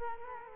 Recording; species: mosquito wingbeat signal from an infrared sensor; Culex quinquefasciatus